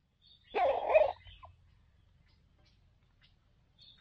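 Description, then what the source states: Red junglefowl: one short, harsh, harmonic burst lasting under a second, then near silence, with faint high sounds creeping in at the end. Wild rooster crowing.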